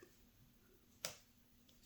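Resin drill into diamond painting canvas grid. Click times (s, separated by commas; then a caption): 1.0 s. A resin diamond painting drill is placed onto the canvas while the grid is filled in, giving one sharp, bright click at 1.0 s as it seats into place. A much fainter tick follows at about 1.7 s against a quiet background.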